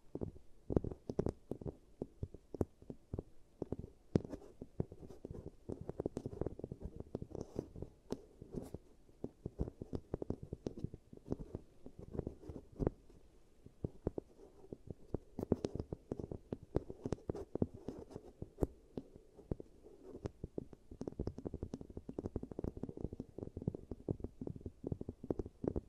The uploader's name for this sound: ASMR Giant Teeth Treatment, Fixing Your Cavities